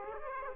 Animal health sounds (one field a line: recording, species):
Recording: mosquito wingbeat signal from an infrared sensor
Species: Aedes aegypti